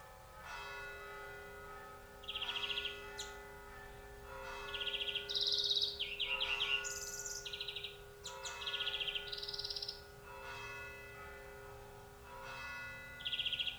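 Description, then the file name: European greenfinch repeating rattling trills and wheezy notes, accompanied by a steady low tonal hum and lower harmonic sounds. "Chloris chloris"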